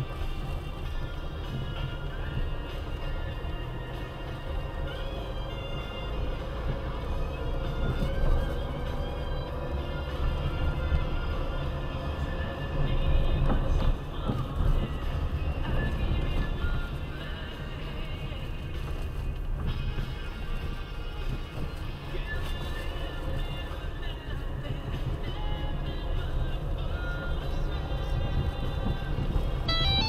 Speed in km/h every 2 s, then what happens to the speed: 12, 10, 11, 21, 23, 24, 23, 26, 21, 14, 12, 10, 12, 17, 19.
4-13 speeds up to 26. 13-21 slows to 10. 21-30 speeds up to 19.